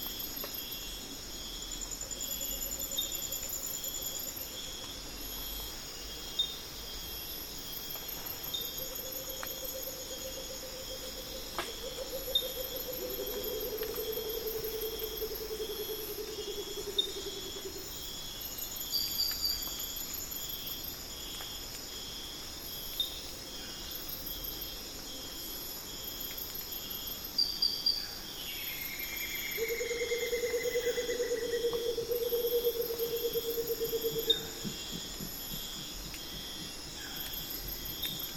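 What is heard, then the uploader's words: Rufous Motmots call in the Amazon rainforest before dawn, giving low, drawn-out hoots near 3, 10–17 and 30–34 seconds, one sliding downward. A dense, steady shrill of insects fills the upper range throughout, with a brief falling whistle around 28 seconds. It's 4am in the Amazon rainforest and the Rufous Motmots start calling.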